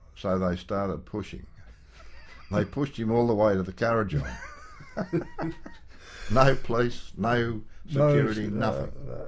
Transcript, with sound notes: So they started pushing, and they pushed him all the way to the Kurrajong. [LAUGHTER] No police, no security, no nothing.